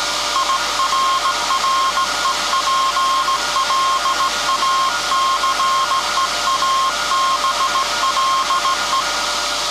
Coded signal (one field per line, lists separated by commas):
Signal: Morse code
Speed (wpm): 16 wpm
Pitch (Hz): 1070 Hz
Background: none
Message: IRREPLACEABLE